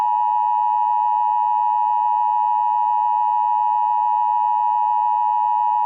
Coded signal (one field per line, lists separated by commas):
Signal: Emergency Alert System (SAME) tones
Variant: 853 and 960 Hz attention tone